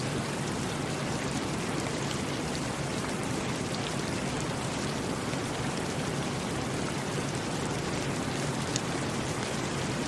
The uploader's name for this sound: Serene Rain